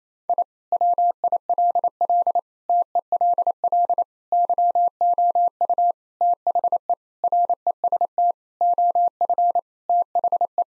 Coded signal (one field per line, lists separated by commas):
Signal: Morse code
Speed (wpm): 28 wpm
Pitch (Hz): 700 Hz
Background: none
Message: I WILL TELL YOU THE REST OF THE